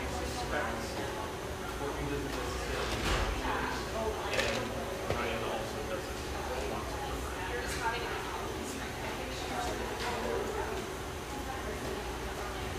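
Steady murmur of an espresso joint: overlapping voices, a low hum underneath, and scattered clinks and clatters every second or two.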